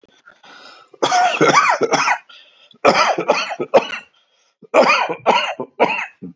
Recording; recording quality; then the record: shallow voluntary cough; excellent, no background noise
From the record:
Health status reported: recovered from COVID-19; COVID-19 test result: positive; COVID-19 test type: RT-PCR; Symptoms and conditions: cough, another respiratory illness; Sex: male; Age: 53 years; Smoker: no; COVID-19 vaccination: both doses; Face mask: not worn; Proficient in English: yes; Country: India